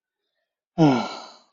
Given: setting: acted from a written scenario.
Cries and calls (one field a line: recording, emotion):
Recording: vocal sound without words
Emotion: disappointment